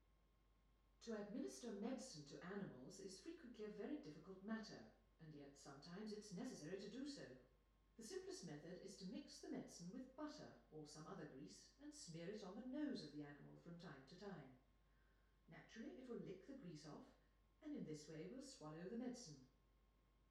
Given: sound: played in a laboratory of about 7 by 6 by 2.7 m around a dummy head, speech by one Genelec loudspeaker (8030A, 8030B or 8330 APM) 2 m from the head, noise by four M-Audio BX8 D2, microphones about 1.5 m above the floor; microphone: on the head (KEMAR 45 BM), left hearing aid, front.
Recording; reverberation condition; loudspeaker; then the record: female speech in English; medium; 120 degrees to the right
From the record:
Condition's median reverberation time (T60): about 510 ms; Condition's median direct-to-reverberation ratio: about -0.5 dB